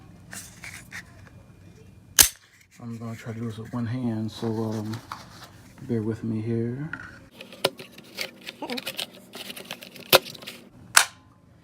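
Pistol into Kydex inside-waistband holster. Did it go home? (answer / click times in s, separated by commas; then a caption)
yes / 11.0 s. Someone talks while inserting a Sig Sauer P365 compact pistol one-handed into a Vedder LightTuck Kydex inside-waistband holster, with sharp clicks and handling noises along the way. At 11.0 s the holster's retention snaps shut with a loud click, meaning the pistol is fully seated and retained.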